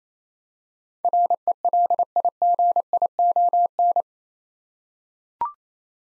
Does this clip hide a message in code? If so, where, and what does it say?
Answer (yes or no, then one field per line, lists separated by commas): yes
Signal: Morse code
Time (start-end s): 1.0-4.0 s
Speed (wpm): 28 wpm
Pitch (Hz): 700 Hz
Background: none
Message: RELIGION